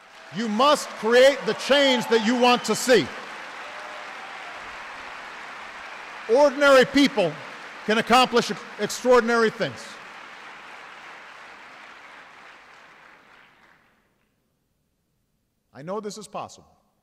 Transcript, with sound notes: You must create the change that you want to see. (Applause.) Ordinary people can accomplish extraordinary things. I know this is possible.